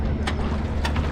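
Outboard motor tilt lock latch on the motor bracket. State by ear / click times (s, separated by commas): not seated / none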